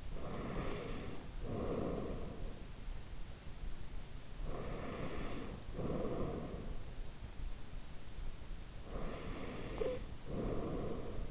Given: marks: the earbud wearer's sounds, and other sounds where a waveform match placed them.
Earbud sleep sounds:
sounds in sleep by an in-ear microphone; breath, snoring breath
0.00-2.62 s: breath
4.44-6.72 s: breath
8.84-11.31 s: snoring breath

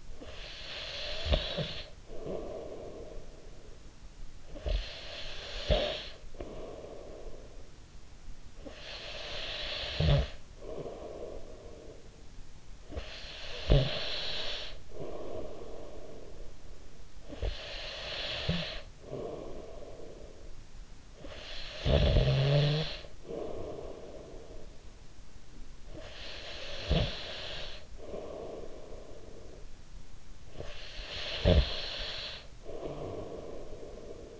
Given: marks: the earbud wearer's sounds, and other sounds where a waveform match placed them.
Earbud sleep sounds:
sounds in sleep by an in-ear microphone; snoring breath
0.11-25.15 s: snoring breath
25.76-30.00 s: snoring breath
30.23-34.40 s: snoring breath

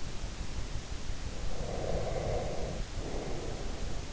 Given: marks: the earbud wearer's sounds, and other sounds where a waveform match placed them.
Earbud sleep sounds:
sounds in sleep by an in-ear microphone; breath
1.47-3.87 s: breath

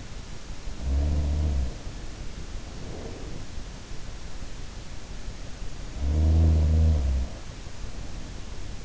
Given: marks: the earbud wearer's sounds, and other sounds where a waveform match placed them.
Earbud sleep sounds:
sounds in sleep by an in-ear microphone; breath
0.74-3.75 s: sound from someone else or the room
1.70-3.75 s: breath
6.02-7.63 s: sound from someone else or the room

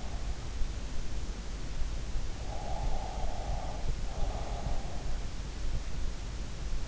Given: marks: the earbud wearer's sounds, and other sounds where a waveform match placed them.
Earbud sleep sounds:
sounds in sleep by an in-ear microphone; breath
2.63-4.76 s: breath

